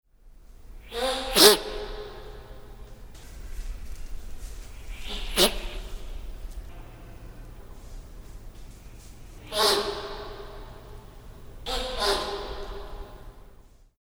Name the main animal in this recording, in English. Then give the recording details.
Dama Gazelle. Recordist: Tembrock, Günter. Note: Junger Bock